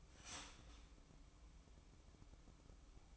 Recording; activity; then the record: daily activity, microphone in the room; start toaster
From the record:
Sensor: 1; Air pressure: 1007.2 hPa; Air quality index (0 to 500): 75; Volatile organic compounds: 1 ppm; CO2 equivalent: 661 ppm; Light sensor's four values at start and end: 7/16/6/7 and 7/16/6/7